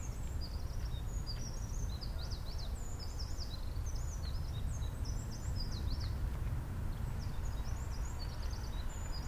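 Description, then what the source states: Eurasian wren giving rapid high-pitched notes and trills for most, with a heavy low rumble underneath. Recorded at Nagaike on 11 March 2008.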